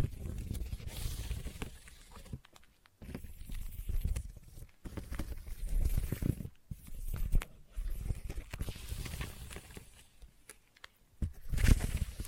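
Sticky tapping with tacky, crackling triggers runs in dense clusters of small clicks and peels, mostly low and thick with some bright crisp edges. The bursts come in irregular bunches with brief silent gaps near 2.5, 4.5, 6.5 and 11 seconds.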